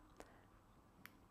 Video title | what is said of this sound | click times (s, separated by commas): Venepuncture in Hand | we pull down on the tube until it clicks before we get rid of it in the sharps bin | 1.1 s